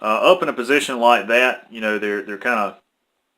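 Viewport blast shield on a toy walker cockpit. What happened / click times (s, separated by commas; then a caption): No seating click; the plastic part is only being handled / none. Someone talks while the movable viewport blast shield on the cockpit of a plastic Star Wars Black Series AT-ST toy walker is raised into position, with the speech stopping at about 2.8 seconds and silence after. The shield has not yet locked in its raised position, and nothing has seated or clicked yet.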